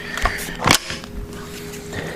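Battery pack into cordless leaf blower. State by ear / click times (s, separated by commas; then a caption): seated / 0.7 s. A lithium battery pack is pushed into the plastic battery port of an EGO LB5800 cordless leaf blower (580 CFM, 168 MPH) until it latches. Short bumps and handling noises lead up to a loud, sharp click at 0.7 s as the pack snaps home and seats with a positive latch. Quieter handling sounds follow.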